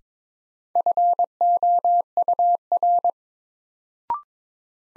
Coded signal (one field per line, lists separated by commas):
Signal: Morse code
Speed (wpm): 21 wpm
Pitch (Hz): 700 Hz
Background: none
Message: FOUR